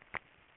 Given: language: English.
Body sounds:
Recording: throat vibration sensor signal played as sound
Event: swallow

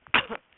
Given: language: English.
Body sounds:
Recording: throat vibration sensor signal played as sound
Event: cough

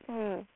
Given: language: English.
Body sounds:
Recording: throat vibration sensor signal played as sound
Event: speech

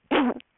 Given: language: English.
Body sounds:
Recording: throat vibration sensor signal played as sound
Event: cough

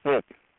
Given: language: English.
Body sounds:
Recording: throat vibration sensor signal played as sound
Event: speech

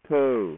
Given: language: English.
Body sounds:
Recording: throat vibration sensor signal played as sound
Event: speech

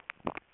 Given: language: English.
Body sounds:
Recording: throat vibration sensor signal played as sound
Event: swallow

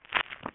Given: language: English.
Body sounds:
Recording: throat vibration sensor signal played as sound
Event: swallow

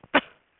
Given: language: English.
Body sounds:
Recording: throat vibration sensor signal played as sound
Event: cough

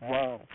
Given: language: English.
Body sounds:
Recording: throat vibration sensor signal played as sound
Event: speech

